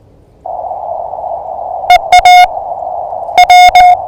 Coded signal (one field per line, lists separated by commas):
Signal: Morse code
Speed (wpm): 19 wpm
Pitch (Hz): 720 Hz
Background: none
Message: EA W